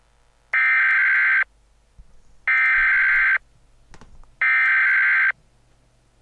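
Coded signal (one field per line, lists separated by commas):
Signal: Emergency Alert System (SAME) tones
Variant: header bursts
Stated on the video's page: Fan-made EAS scenario, not a real alert.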